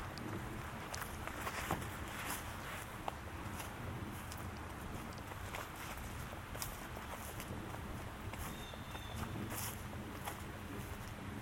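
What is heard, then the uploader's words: A walk through a forest, with irregular crunching footsteps every second or so over a steady, dense outdoor hush and a low rumble underneath. A faint thin tone, possibly a bird, sounds briefly near the ninth second. Walk in Pennsylvania. A walk in Michaux State Forest.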